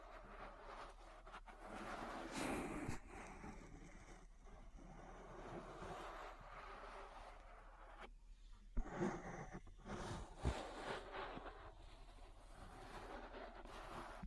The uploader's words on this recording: ASMR Relaxing Ear Massage. (No Talking).